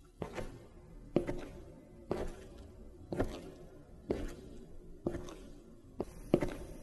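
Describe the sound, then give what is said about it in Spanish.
Footsteps walking toward a door at a steady, unhurried pace, about seven soft thuds with a slight scuffing texture, evenly spaced roughly a second apart, with no talking over them. “Bueno, ya me estoy acercando a la puerta de la que os hablaba.”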